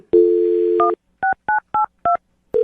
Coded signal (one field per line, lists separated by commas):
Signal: DTMF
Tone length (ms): 120 ms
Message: 16982